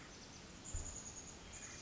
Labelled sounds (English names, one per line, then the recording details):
Chestnut-backed Chickadee
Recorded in Sonoma County, California